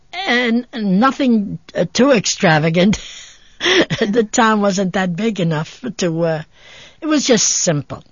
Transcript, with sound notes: And, nothing too extravagant. (she laughs) The town wasn't that big enough to, it was just simple.